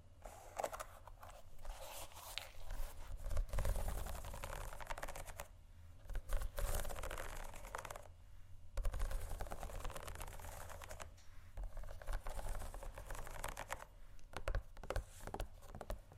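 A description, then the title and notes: Shoes scratch and tap in dense, uneven bursts of scraping and clicking, with brief pauses near 5.5, 8 and 11 seconds and again around 14. A low, steady rumble runs underneath throughout, and the activity comes back after each break. ASMR Shoes Scratching & Tapping（No Talking）.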